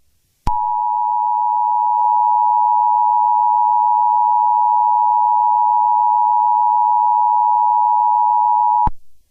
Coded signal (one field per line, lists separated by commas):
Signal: Emergency Alert System (SAME) tones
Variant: 853 and 960 Hz attention tone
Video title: Poppy does the EAS Test